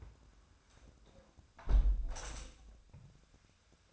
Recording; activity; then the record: daily activity, microphone in the room; close window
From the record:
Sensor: 2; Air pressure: 1006.2 hPa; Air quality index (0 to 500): 177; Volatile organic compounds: 9 ppm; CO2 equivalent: 2152 ppm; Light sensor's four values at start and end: 8/20/8/8 and 8/20/8/8